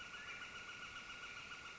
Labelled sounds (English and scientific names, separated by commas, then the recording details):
Northern Flicker (Colaptes auratus)
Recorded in Sonoma County, California